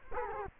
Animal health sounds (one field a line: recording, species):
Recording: mosquito wingbeat signal from an infrared sensor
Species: Culex quinquefasciatus